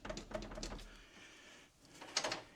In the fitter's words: And it even locks in place. Nice.